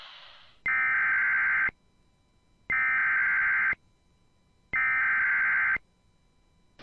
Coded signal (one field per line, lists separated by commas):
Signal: Emergency Alert System (SAME) tones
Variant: header bursts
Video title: First RWTs and Alerts for Fall 2021 (EAS 351-368)